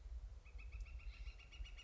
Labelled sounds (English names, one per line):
Northern Flicker